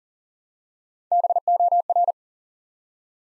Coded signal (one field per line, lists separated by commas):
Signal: Morse code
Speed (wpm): 38 wpm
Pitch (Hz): 700 Hz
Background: none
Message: BOR